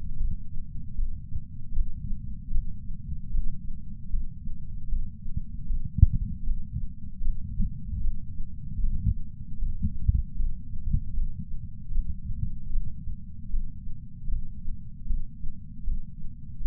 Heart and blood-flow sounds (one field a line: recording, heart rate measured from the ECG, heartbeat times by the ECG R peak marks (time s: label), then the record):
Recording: heart sounds by patch sensor on the chest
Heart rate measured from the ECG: 77 bpm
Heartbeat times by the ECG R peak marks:
0.16 s: heartbeat
0.94 s: heartbeat
1.72 s: heartbeat
2.51 s: heartbeat
3.30 s: heartbeat
4.09 s: heartbeat
4.88 s: heartbeat
5.66 s: heartbeat
6.43 s: heartbeat
7.21 s: heartbeat
8.00 s: heartbeat
8.79 s: heartbeat
9.58 s: heartbeat
10.35 s: heartbeat
11.13 s: heartbeat
11.91 s: heartbeat
12.70 s: heartbeat
13.49 s: heartbeat
14.28 s: heartbeat
15.06 s: heartbeat
15.83 s: heartbeat
16.61 s: heartbeat
From the record:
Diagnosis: coronary artery disease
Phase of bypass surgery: intraoperative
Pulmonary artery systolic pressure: 27 mmHg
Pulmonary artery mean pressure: 19 mmHg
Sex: male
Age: 74 years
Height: 170 cm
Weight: 75 kg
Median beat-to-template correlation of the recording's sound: 0.89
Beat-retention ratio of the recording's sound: 0.97